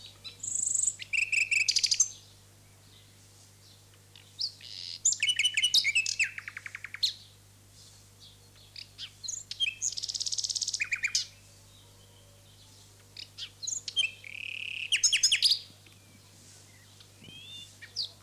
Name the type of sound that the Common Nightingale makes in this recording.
song